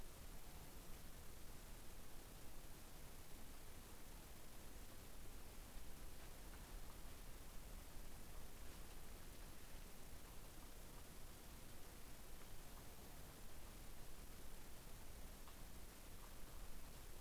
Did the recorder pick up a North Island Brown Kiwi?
no